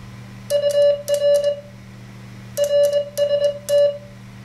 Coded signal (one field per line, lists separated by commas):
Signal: Morse code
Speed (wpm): 21 wpm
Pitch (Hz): 580 Hz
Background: none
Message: UR RST